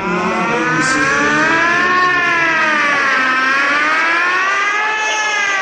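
A loud siren wails steadily, its tone sliding slowly up and down in long sweeps for several seconds, with no voices over it.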